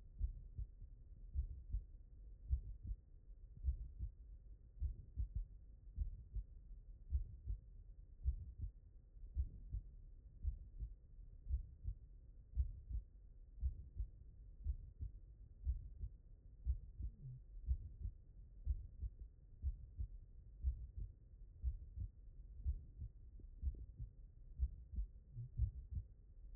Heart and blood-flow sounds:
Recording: heart sounds by stethoscope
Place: mitral valve (MV)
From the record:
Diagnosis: non-HFrEF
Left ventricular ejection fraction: 59%

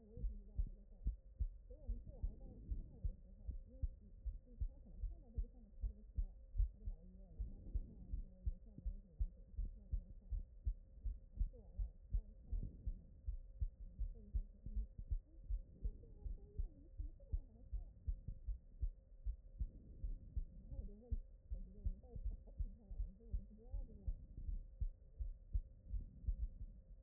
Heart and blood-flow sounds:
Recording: heart sounds by stethoscope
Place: pulmonary valve (PV)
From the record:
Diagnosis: non-HFrEF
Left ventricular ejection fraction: 51%

